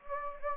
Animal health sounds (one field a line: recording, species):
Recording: mosquito wingbeat signal from an infrared sensor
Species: Anopheles gambiae